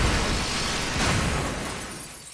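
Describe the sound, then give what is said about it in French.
A loud, rumbling explosion with harsh crackling shatters of breaking glass as windows across a whole city blow out, surging again midway before slowly tapering off, with no voices. “D'un bout à l'autre de la ville, les vitres ont immédiatement volé en éclats.”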